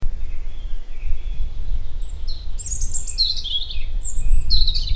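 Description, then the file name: European robin song: faint thin notes at first, then a lively run of high, varied notes with pure whistles mixed in, over a low rumbling background. "Erithacus rubecula"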